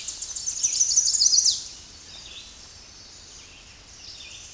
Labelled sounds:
Chestnut-sided Warbler (Setophaga pensylvanica) song
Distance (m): 15 m
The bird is about 15 m above the microphone
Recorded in a Pennsylvania forest on 16 May 2024 at 08:16
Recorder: AudioMoth, point MSD-1293
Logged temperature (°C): 12.0 °C
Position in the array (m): 47 m, 151 m

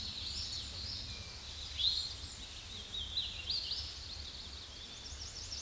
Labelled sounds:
Hooded Warbler (Setophaga citrina) song
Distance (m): 100 m
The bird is about 20 m above the microphone
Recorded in a Pennsylvania forest on 16 May 2024 at 09:48
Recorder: AudioMoth, point MSD-0661
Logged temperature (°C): 15.8 °C
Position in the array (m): -21 m, 165 m

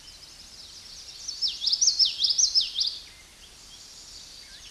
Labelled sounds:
Common Yellowthroat (Geothlypis trichas) song
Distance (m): 10 m
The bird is about level with the microphone
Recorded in a Pennsylvania forest on 16 May 2024 at 08:10
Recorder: AudioMoth, point MSD-2061
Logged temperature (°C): 16.1 °C
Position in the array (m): 221 m, 186 m

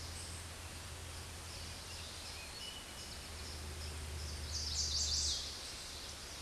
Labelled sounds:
Chestnut-sided Warbler (Setophaga pensylvanica) song
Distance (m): 25 m
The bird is about 5 m above the microphone
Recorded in a Pennsylvania forest on 16 May 2024 at 08:08
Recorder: AudioMoth, point MSD-1849
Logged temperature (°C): 12.1 °C
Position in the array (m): 15 m, 24 m

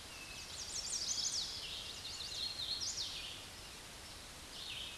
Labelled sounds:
Hooded Warbler (Setophaga citrina) song
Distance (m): 40 m
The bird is about 15 m above the microphone
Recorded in a Pennsylvania forest on 16 May 2024 at 07:09
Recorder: AudioMoth, point MSD-2258
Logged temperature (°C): 15.2 °C
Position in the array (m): 149 m, 116 m

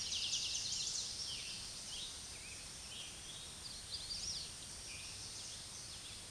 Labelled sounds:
Eastern Towhee (Pipilo erythrophthalmus) song
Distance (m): 35 m
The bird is about 5 m above the microphone
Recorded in a Pennsylvania forest on 16 May 2024 at 06:11
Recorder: AudioMoth, point MSD-2083
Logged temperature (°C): 16.7 °C
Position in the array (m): 110 m, 6 m

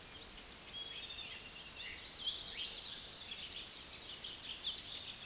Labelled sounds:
Chestnut-sided Warbler (Setophaga pensylvanica) song
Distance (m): 15 m
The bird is about level with the microphone
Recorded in a Pennsylvania forest on 16 May 2024 at 06:29
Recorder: AudioMoth, point MSD-1360
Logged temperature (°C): 14.8 °C
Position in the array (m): 167 m, 220 m

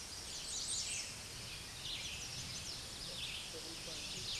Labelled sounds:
American Redstart (Setophaga ruticilla) song
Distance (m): 45 m
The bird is about 20 m above the microphone
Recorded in a Pennsylvania forest on 16 May 2024 at 07:28
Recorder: AudioMoth, point MSD-2305
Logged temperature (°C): 16.9 °C
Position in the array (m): 44 m, 230 m

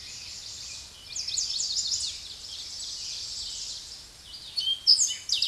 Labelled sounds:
Ovenbird (Seiurus aurocapilla) song
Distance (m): 60 m
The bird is about level with the microphone
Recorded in a Pennsylvania forest on 16 May 2024 at 06:54
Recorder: AudioMoth, point MSD-0788
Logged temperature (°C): 16.6 °C
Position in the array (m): 137 m, 9 m

